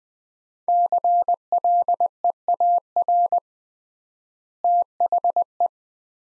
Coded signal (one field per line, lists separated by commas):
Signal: Morse code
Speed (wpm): 20 wpm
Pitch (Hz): 700 Hz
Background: none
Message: CLEAR THE